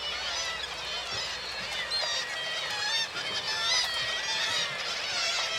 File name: birds seagulls large group marina water lapping